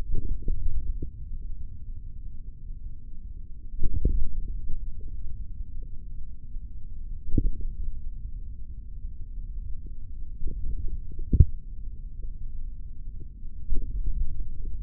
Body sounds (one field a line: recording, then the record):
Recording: forearm muscle sounds (acoustic myography)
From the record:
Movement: tripod grip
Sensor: system 3, bracelet of six PUI Audio POM-2738L microphones around the upper forearm, with dedicated amplification and filtering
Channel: 2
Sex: male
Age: 23 years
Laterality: right